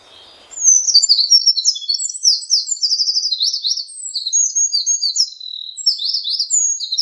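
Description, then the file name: Eurasian wren delivering a vigorous high-pitched song of quick trills and bright twittering phrases that carries on continuously after a brief quiet start. "굴뚝새"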